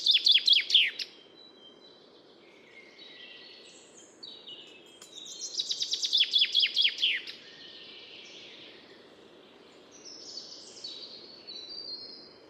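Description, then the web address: Common chaffinch song: two phrases of rapid repeated notes, with other birds calling softly between them and a low steady rumble. "Deverinetal 2025 File origin Bird Only Fr Co"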